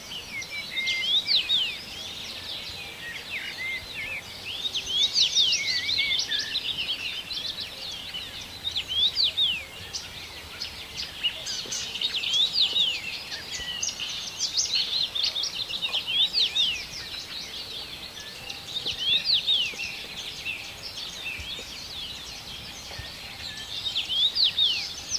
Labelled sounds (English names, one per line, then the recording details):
Common Rosefinch
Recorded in the wild
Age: adult
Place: Hörfeld, AT
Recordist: Brunner, Thomas
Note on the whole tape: Aufnahme: 70er Jahre, im Hörfeld, Steiermark